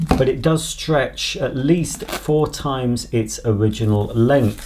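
A stretch hose accessory is being handled for fitting onto the front of the plastic body of a Vax Blade 32V Ultra cordless vacuum cleaner while someone talks throughout. No distinct click or impact is heard. The hose has not clicked into place yet.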